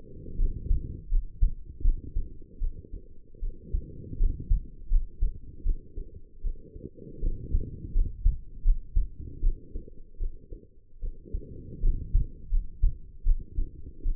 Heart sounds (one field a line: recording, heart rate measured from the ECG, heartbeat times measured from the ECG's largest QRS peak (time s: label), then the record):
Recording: heart sounds by stethoscope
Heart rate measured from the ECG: 79 bpm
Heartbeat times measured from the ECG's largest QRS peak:
0.37 s: heartbeat
1.09 s: heartbeat
1.82 s: heartbeat
2.59 s: heartbeat
3.40 s: heartbeat
4.18 s: heartbeat
4.89 s: heartbeat
5.63 s: heartbeat
6.42 s: heartbeat
7.21 s: heartbeat
7.93 s: heartbeat
8.63 s: heartbeat
9.41 s: heartbeat
10.18 s: heartbeat
11.00 s: heartbeat
11.81 s: heartbeat
12.50 s: heartbeat
13.24 s: heartbeat
14.03 s: heartbeat
From the record:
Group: healthy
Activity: rest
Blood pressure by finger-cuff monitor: 111/73 mmHg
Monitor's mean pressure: 86 mmHg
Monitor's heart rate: 78 bpm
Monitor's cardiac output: 6.1 L/min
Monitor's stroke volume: 78 mL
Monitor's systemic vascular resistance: 1020 dyn s/cm5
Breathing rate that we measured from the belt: 16 breaths a minute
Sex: female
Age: 22 years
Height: 160 cm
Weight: 45 kg